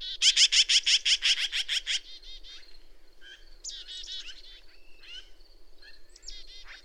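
Bird song: a fast, loud series of rasping notes for two seconds, followed by softer, varied twittering and whistled notes.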